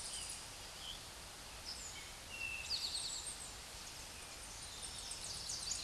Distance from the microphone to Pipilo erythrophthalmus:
about 10 m